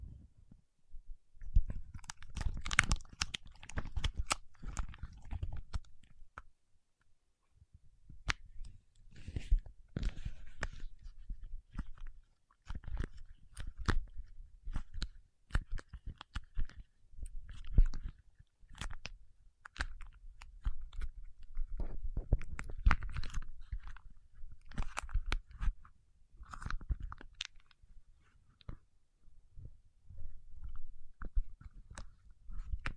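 Paraffin wax being peeled, tapped and scratched, giving a dense run of crisp clicks, crackles and scrapes. The activity comes in bursts with short pauses, busiest around 2–5, 9–11 and 22–27 seconds, over a low rumbling handling noise.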